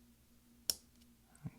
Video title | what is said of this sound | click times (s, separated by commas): F7 Key 1278 Early 2011 13 inch Macbook Pro 2.3 GHz Core i5 MC700 Type J | you're going to use your finger and press on both sides just clip it into place ok | 0.7 s